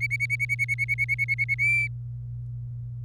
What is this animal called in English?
Domestic Canary